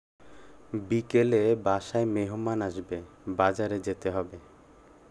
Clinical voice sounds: elicited speech; Bengali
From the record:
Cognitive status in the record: cognitively healthy

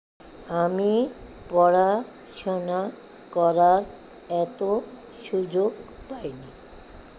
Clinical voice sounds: elicited speech; Bengali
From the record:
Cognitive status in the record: dementia

